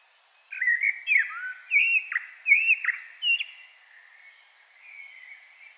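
Common blackbird song: a string of several short mellow whistled notes in quick succession, trailing off into soft quiet warbling.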